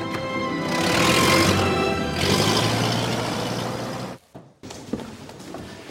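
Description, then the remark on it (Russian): A car engine turns over and revs, its loud, steady rumble swelling then holding for several seconds before a brief cut, after which the motor noise carries on as the vehicle pulls away. “Гоцман тоже смотрит на сына, потом садится в машину, уезжает”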